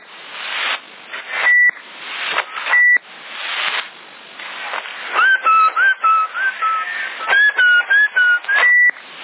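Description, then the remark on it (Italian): A person whistles a wavering, warbling tune into a CB radio in Sassari, heard through a hissy, crackling channel, after two short high beeps cut through the static. “Sì, adesso sto fischiando io. Ma l'apparecchio non fischia più.”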